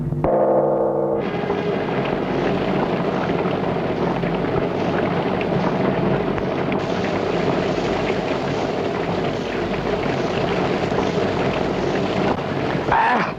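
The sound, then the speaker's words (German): Steady, heavy rain pours down in a dense, unbroken hiss that holds at an even loudness throughout, after a brief tonal snippet at the very start. No one speaks. “Ach, na hören Sie mal, das ist ein Regen wieder, was?”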